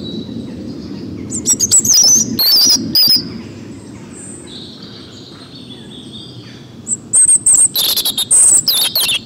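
Bird chirps, bright high whistled notes in quick bursts, with one cluster early and another near the end, separated by a quieter stretch of low background hiss.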